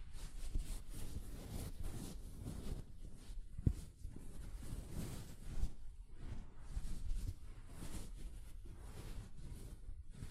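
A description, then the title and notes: Soft fabric brushes against a microphone in steady, dense low rustling, with a sharp thump near four seconds and another around six. ASMR Mic Brushing using Soft Fabric (No Talking).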